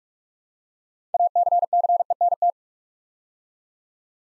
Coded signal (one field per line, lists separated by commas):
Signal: Morse code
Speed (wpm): 44 wpm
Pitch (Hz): 700 Hz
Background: none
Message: ACCENT